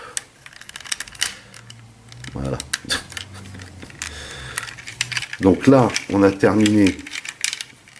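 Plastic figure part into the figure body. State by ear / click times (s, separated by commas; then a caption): partly seated / 7.4 s. A plastic part is fitted into the body of an SS-61 Sentinel Prime plastic transforming figure, with scattered sharp plastic clicks and taps throughout while someone talks. A click at 7.4 s marks the part going in, but it only partly pegs in and does not fit together well at that spot.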